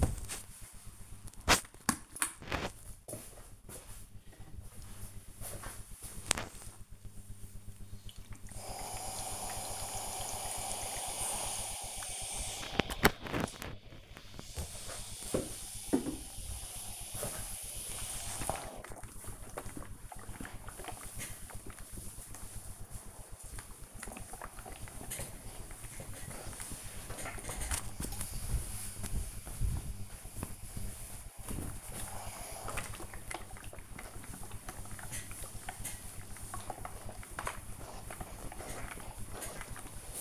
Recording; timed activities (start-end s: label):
household activities, microphone on the right wrist
0.00-40.21 s: ironing laundry